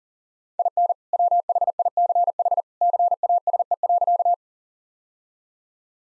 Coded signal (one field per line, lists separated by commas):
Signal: Morse code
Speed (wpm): 37 wpm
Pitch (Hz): 700 Hz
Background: none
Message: IN WHICH CASE.